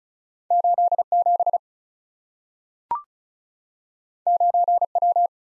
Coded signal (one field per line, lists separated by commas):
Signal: Morse code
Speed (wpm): 36 wpm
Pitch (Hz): 700 Hz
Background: none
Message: 87 9W